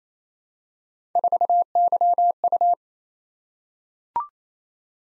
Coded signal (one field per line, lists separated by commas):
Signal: Morse code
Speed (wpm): 28 wpm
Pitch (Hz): 700 Hz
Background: none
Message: 4YU